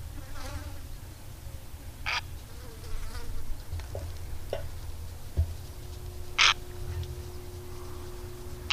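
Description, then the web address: Purple heron calling with rough, hoarse croaks at irregular intervals, several louder ones and some softer clicks, against a continuous low rumble. "Madardalok - Vörös gém"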